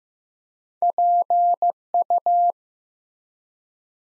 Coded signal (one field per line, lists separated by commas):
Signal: Morse code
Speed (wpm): 15 wpm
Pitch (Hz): 700 Hz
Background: none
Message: PU